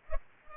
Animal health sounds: mosquito wingbeat signal from an infrared sensor; Culex pipiens

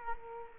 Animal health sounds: mosquito wingbeat signal from an infrared sensor; Culex quinquefasciatus

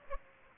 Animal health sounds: mosquito wingbeat signal from an infrared sensor; Aedes aegypti

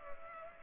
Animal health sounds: mosquito wingbeat signal from an infrared sensor; Culex pipiens

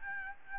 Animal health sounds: mosquito wingbeat signal from an infrared sensor; Aedes albopictus

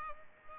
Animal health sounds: mosquito wingbeat signal from an infrared sensor; Culex pipiens

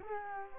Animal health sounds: mosquito wingbeat signal from an infrared sensor; Culex quinquefasciatus

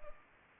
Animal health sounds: mosquito wingbeat signal from an infrared sensor; Culex pipiens

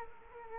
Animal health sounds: mosquito wingbeat signal from an infrared sensor; Culex quinquefasciatus

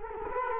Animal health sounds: mosquito wingbeat signal from an infrared sensor; Culex quinquefasciatus

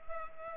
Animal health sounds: mosquito wingbeat signal from an infrared sensor; Culex pipiens

